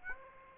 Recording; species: mosquito wingbeat signal from an infrared sensor; Aedes aegypti